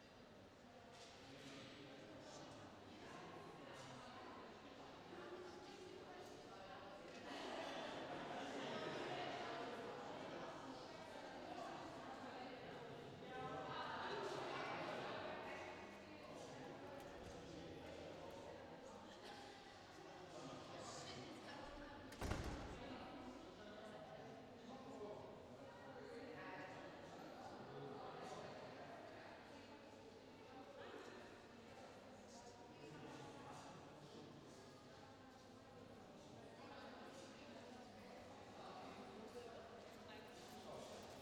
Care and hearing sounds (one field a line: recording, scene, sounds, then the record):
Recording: everyday scene through a hearing-aid microphone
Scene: reverberant space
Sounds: background noise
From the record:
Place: railway station hall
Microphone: in the ear canal, left